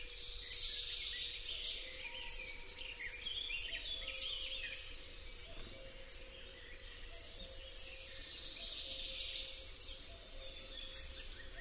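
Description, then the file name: Spotted flycatcher repeating short, thin, high-pitched squeaky notes in a fairly steady series, with a soft chorus of other birds behind. "MUCHOŁÓWKA SZARA"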